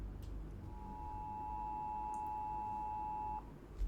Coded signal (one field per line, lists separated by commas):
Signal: Emergency Alert System (SAME) tones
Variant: 853 and 960 Hz attention tone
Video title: Reacting To Rare and Disturbing EAS Alerts Explained